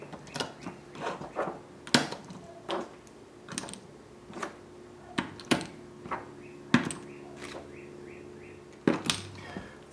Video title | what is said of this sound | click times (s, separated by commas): 6P 1S BatteryBloc | source sort of snap into place and the magnets hold them in okay | 1.9 s, 5.2 s, 5.5 s, 6.7 s, 9.1 s